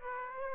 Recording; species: mosquito wingbeat signal from an infrared sensor; Aedes aegypti